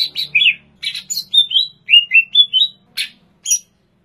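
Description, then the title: Greater green leafbird song of bright, downslurred whistles and quick chips in a lively phrase of many notes, with a soft low hum beneath. Recorded in Banyuwangi. "cucak_ijo_banyuwangi"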